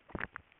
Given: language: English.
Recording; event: throat vibration sensor signal played as sound; swallow